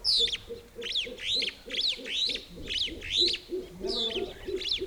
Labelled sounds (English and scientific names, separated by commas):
Superb Starling (Lamprotornis superbus) flight call